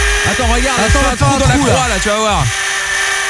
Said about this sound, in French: Arrête, tu me fais un petit trou, je prends la perceuse.